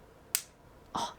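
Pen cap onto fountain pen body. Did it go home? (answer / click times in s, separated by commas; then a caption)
yes / 0.4 s. A cap is pushed back onto a black matte metal-bodied fountain pen with a fine tip and snaps into place with a sharp, bright click at 0.4 s, confirming it has seated. A softer, longer tap follows at about 1.0 s. No one talks.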